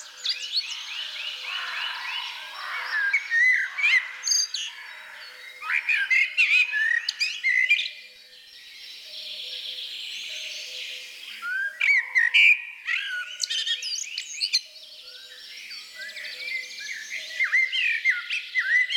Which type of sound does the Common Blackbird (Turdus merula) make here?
song